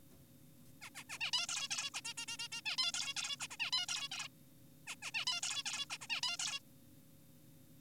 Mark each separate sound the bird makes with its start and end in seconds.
0.82-0.90, 0.95-1.03, 1.10-1.18, 1.20-1.31, 1.33-1.47, 1.49-1.68, 1.71-1.90, 1.94-2.01, 2.05-2.14, 2.18-2.26, 2.28-2.37, 2.39-2.48, 2.52-2.61, 2.66-2.76, 2.78-2.92, 2.94-3.14, 3.17-3.36, 3.40-3.48, 3.51-3.57, 3.60-3.71, 3.72-3.86, 3.88-4.08, 4.12-4.28, 4.87-4.96, 5.02-5.11, 5.14-5.25, 5.27-5.41, 5.43-5.63, 5.66-5.86, 5.90-5.98, 6.01-6.07, 6.10-6.21, 6.23-6.37, 6.40-6.60